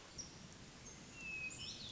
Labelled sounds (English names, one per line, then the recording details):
Hermit Thrush
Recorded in Sonoma County, California